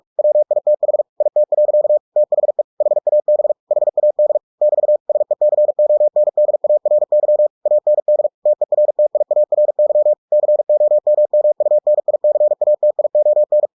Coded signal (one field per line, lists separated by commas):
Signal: Morse code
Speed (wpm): 46 wpm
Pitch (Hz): 600 Hz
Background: none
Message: WITH IT. THE HAB HAD <BT> SECONDARY AND TERTIARY COMMUNICATION